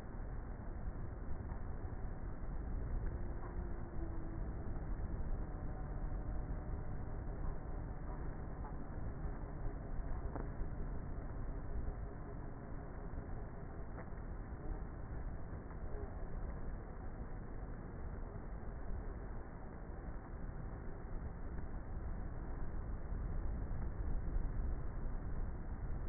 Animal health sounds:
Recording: honeybee colony, microphone inside the hive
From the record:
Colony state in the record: queenless with a low population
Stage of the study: before two queens were removed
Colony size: about 30,000 bees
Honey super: no

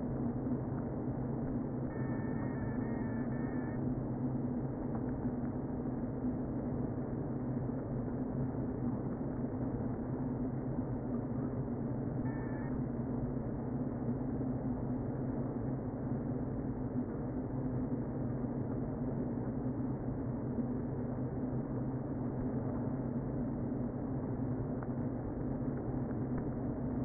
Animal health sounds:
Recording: honeybee colony, microphone inside the hive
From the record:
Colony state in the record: queen present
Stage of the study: before two queens were removed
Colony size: about 60,000 bees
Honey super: yes

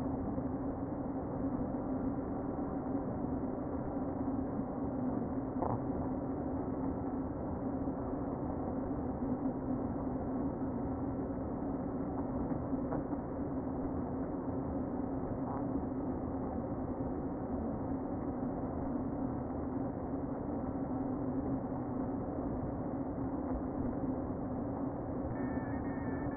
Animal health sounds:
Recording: honeybee colony, microphone inside the hive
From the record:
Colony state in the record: queen present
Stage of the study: before two queens were removed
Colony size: about 60,000 bees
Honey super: yes

